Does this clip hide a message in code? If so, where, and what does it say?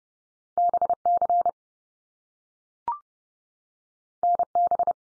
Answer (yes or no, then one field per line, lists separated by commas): yes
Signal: Morse code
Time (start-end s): 0.6-4.9 s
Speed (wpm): 30 wpm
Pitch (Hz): 700 Hz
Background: none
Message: BC NB